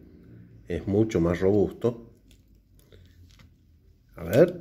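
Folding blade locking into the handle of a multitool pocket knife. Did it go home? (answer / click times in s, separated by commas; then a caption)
no / none. A Victorinox WorkChamp 111 mm Swiss-army-style multitool pocket knife is handled as its folding blade is being opened toward its lock in the handle, with someone talking at the start and again at the end. Between about 2.3 and 3.4 seconds, faint small taps and handling sounds are heard. The blade has not locked yet and nothing has clicked or seated by the end.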